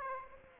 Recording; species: mosquito wingbeat signal from an infrared sensor; Aedes aegypti